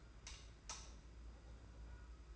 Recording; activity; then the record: daily activity, microphone in the room; light off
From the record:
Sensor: 2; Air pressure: 991.7 hPa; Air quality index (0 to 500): 225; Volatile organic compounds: 1000 ppm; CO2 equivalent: 7525 ppm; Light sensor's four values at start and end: 16/43/17/16 and 11/26/10/10